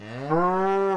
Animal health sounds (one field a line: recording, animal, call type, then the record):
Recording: contact call of a hoofed animal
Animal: cattle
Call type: low-frequency (closed-mouth) or high-frequency (open-mouth) call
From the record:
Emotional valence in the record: negative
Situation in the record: full separation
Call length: 0.96 s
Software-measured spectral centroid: 1160 Hz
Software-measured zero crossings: 1360 a second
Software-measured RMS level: -23 dBFS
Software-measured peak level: -10 dBFS